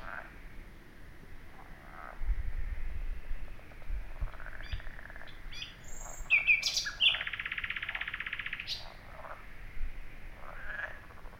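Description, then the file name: Common nightingale delivering a buzzy, rattling trill and a few scattered sharp notes amid low background rumble. "Luscinia megarhynchos"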